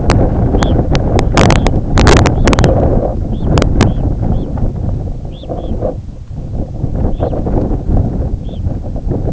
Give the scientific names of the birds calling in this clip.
Phalaropus fulicarius